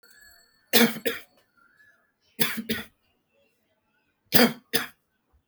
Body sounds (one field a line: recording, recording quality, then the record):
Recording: heavy voluntary cough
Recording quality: excellent, no background noise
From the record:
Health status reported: healthy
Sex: male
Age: 48 years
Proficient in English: yes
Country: India